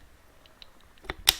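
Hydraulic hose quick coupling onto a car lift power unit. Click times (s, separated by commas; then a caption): 1.3 s. The lower hydraulic hose's quick-connect coupling is pulled onto the fitting on a QuickJack car lift's power unit, attached to the bottom fitting first because the other hose is harder to fit if the top one goes on first. Faint light ticks at about 0.5 to 1.0 s are followed by a sharper tap at 1.1 s and a loud, crisp click at 1.3 s as the coupling seats. The coupling is then turned to lock it in place.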